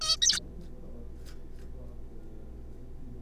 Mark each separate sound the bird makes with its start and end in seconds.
0.01-0.16, 0.22-0.40